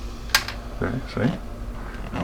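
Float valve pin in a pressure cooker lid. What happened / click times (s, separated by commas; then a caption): The small valve pin dropped with a click, releasing / 0.3 s. A pressure cooker's float valve pin, the button at the back of the lid, drops down after the pressure is released with a sharp click at 0.4 seconds. Someone talks, and the cooker is now safe to open.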